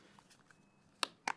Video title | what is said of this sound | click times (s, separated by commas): The Best Magsafe Case for iPhone 16 - Moment Magsafe Cases and Mounts | pops into that case real easy and same thing you can feel it click in and | 1.0 s, 1.3 s